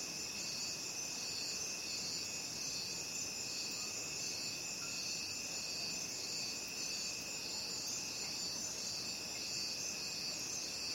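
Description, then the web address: Crickets chirring in a dense, high, unbroken chorus with several layered pitches holding steady throughout. Recorded at night. "the sound pack tree. night crickets"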